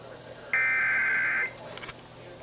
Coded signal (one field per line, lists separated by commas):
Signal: Emergency Alert System (SAME) tones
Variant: header bursts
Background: speech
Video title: Emergency Programming... EAS Alerts from 6/9/19 - 6/10/19 (EAS #2,661 - 2,693)